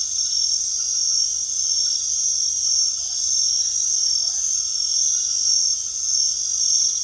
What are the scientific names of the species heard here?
none